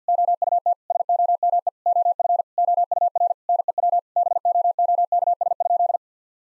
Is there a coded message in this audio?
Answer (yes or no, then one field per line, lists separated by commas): yes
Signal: Morse code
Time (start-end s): 0.1-6.0 s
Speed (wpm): 50 wpm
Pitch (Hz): 700 Hz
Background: none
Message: OUT SOME OF OUR NEW BOOKS?